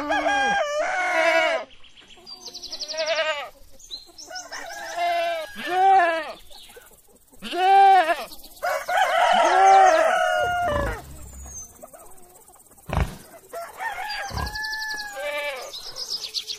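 Farm animals heard together, led by chickens and a rooster. Repeated rising-and-falling crows and squawks come every second or two, loudest around six, eight and ten seconds, with sharp clucks and a few brief knocks near thirteen seconds between them.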